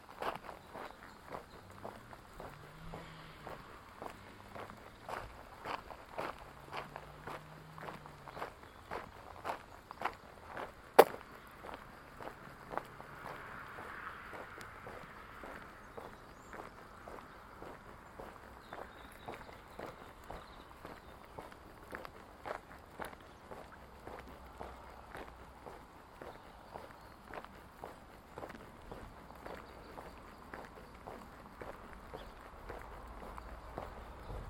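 Walking sticks strike the pavement in a steady, regular rhythm of sharp clicks, roughly twice a second, with one louder crack near eleven seconds. Low traffic hum and brief vehicle tones sit underneath, and a faint wash of wind rises midway.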